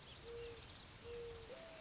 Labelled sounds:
Mourning Dove (Zenaida macroura)
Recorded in Sonoma County, California

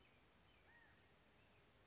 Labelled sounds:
California Quail (Callipepla californica)
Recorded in Sonoma County, California

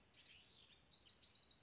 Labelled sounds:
House Wren (Troglodytes aedon)
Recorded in Sonoma County, California

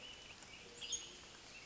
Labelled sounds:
Western Tanager (Piranga ludoviciana)
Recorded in Sonoma County, California

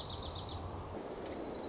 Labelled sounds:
Dark-eyed Junco (Junco hyemalis)
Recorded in Sonoma County, California

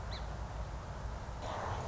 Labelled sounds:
Song Sparrow (Melospiza melodia)
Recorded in Sonoma County, California

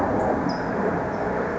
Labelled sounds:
California Towhee (Melozone crissalis)
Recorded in Sonoma County, California

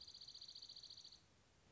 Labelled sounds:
Dark-eyed Junco (Junco hyemalis)
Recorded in Sonoma County, California

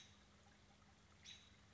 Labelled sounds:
American Robin (Turdus migratorius)
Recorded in Sonoma County, California

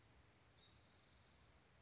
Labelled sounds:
Spotted Towhee (Pipilo maculatus)
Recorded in Sonoma County, California

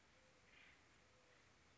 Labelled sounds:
Acorn Woodpecker (Melanerpes formicivorus)
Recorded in Sonoma County, California

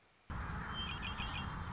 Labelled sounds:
Red-winged Blackbird (Agelaius phoeniceus)
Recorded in Sonoma County, California

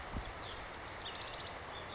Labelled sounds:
House Wren (Troglodytes aedon)
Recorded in Sonoma County, California

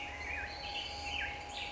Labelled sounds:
Black-headed Grosbeak (Pheucticus melanocephalus)
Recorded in Sonoma County, California

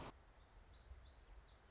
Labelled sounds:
Black-throated Gray Warbler (Setophaga nigrescens)
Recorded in Sonoma County, California

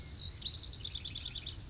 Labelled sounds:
House Wren (Troglodytes aedon)
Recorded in Sonoma County, California

